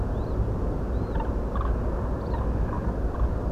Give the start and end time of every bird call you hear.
[0.12, 0.35] Grus grus
[0.92, 1.28] Grus grus
[1.53, 1.68] Grus grus
[2.30, 3.29] Grus grus

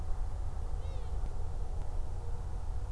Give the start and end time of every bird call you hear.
[0.78, 1.12] Asio otus

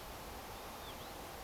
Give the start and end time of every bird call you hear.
[0.55, 1.12] Vanellus vanellus

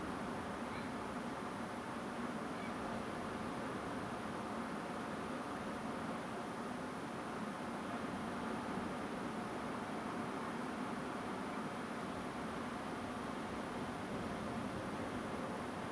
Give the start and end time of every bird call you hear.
[0.72, 0.83] Ardea cinerea
[2.61, 2.69] Ardea cinerea

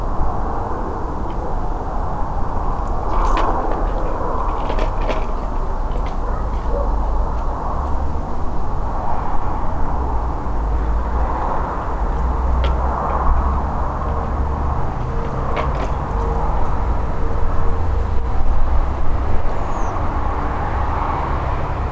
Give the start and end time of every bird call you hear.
[19.51, 19.92] Turdus iliacus

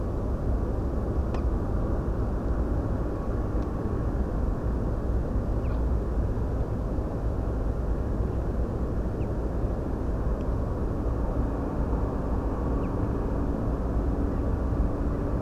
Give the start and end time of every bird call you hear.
[1.36, 1.40] Fringilla coelebs
[5.63, 5.69] Fringilla coelebs
[9.19, 9.25] Fringilla coelebs
[12.82, 12.88] Fringilla coelebs
[14.36, 14.41] Fringilla coelebs

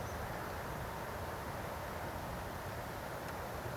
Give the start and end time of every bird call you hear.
[0.05, 0.14] Anthus trivialis

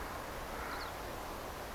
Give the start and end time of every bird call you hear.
[0.66, 0.91] Alauda arvensis

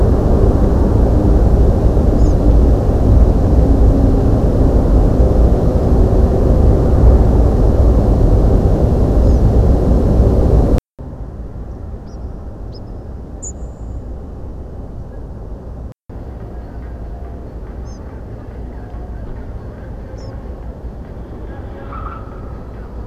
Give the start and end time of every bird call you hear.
[2.18, 2.33] Ficedula hypoleuca
[9.24, 9.40] Ficedula hypoleuca
[12.07, 12.16] Ficedula hypoleuca
[12.72, 12.79] Ficedula hypoleuca
[13.42, 14.02] Erithacus rubecula
[17.85, 17.98] Muscicapa striata
[20.16, 20.30] Ficedula hypoleuca

